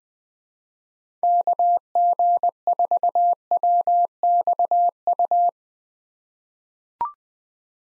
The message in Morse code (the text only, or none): KG4WXU